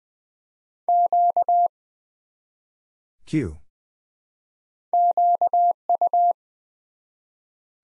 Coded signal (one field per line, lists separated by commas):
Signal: Morse code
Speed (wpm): 20 wpm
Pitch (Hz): 700 Hz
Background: none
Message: Q QU